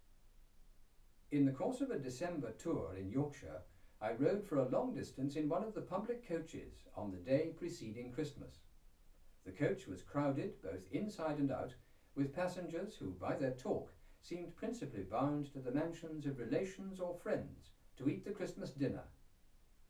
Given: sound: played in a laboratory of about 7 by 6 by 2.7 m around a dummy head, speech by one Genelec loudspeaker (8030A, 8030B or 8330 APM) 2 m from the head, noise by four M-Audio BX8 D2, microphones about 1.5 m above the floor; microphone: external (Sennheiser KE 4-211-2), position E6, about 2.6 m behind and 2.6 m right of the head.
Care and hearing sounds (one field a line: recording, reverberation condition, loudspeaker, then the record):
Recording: male speech in English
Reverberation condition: low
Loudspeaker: in front (0 degrees)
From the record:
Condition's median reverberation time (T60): about 310 ms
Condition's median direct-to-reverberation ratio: about 3.5 dB